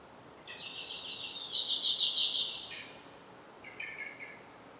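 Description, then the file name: Eurasian blackbird giving a long, high, buzzy twittering trill lasting about two seconds, followed by a brief, lower chattering phrase. "Turdus merula"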